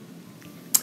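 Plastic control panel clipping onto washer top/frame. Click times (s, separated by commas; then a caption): 0.8 s. A plastic washer control panel, set in bottom edge first, has its top pushed in until its plastic clips snap onto the washer top/frame. After quiet low hum, a single sharp, loud click lands at 0.8 s, and the panel is seated.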